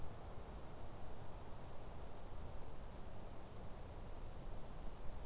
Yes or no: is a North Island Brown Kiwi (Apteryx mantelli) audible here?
no